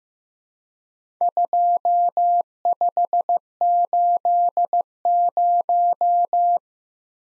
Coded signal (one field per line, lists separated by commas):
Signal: Morse code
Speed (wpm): 15 wpm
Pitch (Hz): 700 Hz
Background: none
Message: 2580